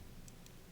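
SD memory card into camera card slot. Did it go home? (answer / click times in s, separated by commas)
yes / 0.3 s, 0.5 s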